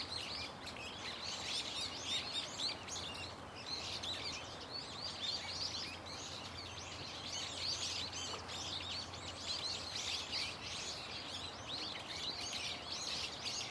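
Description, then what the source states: Many birds chirping and twittering at once, a continuous wall of sharp high notes over a soft low rumble. Loud, unceasing chorus of many birds singing from a tetrapod breakwater belt and its trees; recorded with microphone and camera.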